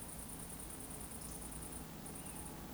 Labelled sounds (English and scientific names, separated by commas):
Eurasian Woodcock (Scolopax rusticola) whistle